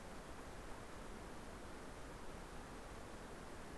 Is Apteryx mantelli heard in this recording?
no